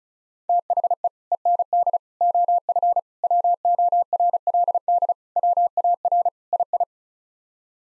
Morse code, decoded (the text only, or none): THE END OF WORLD WAR II